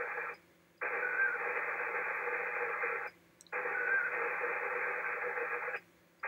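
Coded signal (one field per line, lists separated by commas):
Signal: HF data modem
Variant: ARDOP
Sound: two long hissing data bursts with sharp starts, brief quiet gaps between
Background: radio static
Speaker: well let's give it a shot we'll see if we can establish a connection I did it five minutes ago and it worked for this station you're w9f e so we'll try this and we'll see how it goes here we go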